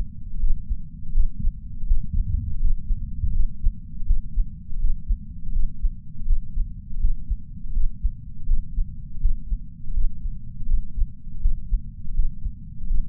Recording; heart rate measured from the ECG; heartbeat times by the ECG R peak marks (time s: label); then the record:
heart sounds by patch sensor on the chest; 82 bpm
0.40 s: heartbeat
1.13 s: heartbeat
1.87 s: heartbeat
2.60 s: heartbeat
3.33 s: heartbeat
4.06 s: heartbeat
4.80 s: heartbeat
5.53 s: heartbeat
6.26 s: heartbeat
7.00 s: heartbeat
7.73 s: heartbeat
8.46 s: heartbeat
9.21 s: heartbeat
9.94 s: heartbeat
10.67 s: heartbeat
11.41 s: heartbeat
12.15 s: heartbeat
12.88 s: heartbeat
From the record:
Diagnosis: coronary artery disease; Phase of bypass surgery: postoperative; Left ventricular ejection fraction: 56.8%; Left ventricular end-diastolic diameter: 44 mm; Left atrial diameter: 32 mm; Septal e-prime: 5.7 cm/s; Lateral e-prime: 6.1 cm/s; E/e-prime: 10.2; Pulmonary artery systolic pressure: 32 mmHg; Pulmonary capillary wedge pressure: 12 mmHg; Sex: male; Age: 65 years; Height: 165 cm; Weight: 60 kg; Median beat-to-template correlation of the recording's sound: 0.87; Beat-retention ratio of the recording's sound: 1.00